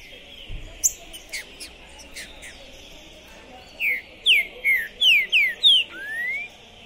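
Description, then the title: Green-winged saltator song: after scattered clicks, a rapid run of several clear falling whistles, then one long rising whistle to close. Captive bird at a singing tournament entrance, warming up before a contest, chirping, singing and acting macho (macheando), described as 'possessed'; 2021; called a 'Pistoleiro' bird. "ESQUENTAR Seu TRINCA Piando, Cantando E Macheando Na DISPUTA. Esse TRINCA FERRO ficou POSSUÍDO na PORTA do TORNEIO! Trinca Ferro Pistoleiro 2021!"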